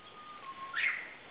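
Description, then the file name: Japanese bush warbler song fragment: a long, level whistled note, then a short, louder flourish that jumps higher and twists briefly before fading. "Japanese nightingale note"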